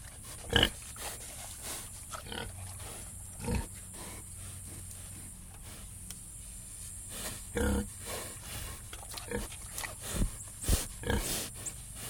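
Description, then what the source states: Pig grunts as short, low, rough bursts scattered throughout, with louder snorts near the start and end over steady background rustle. Pigs grunting in a sty.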